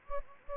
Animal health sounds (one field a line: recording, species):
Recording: mosquito wingbeat signal from an infrared sensor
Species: Anopheles gambiae